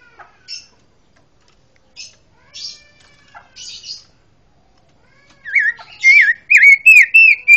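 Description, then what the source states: Pancawarna song: a few soft, scattered chirps, then a loud series of wavering whistled notes repeated quickly toward the end. Song praised for its strong 'tembakan' (bursting delivery).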